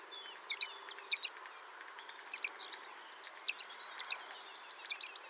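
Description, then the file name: Great grey shrike uttering quick clusters of sharp, varied chattering notes in several bursts. "Averla Maggiore"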